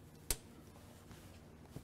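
A hinge locking clip on the oven door hinge of a Wolf convection steam oven is snapped closed after the door is extended downwards. A single sharp click sounds at 0.3 s, followed by quiet low background with a faint soft bump near 1.1 s and another small tick near the end. The clip is seated and closed.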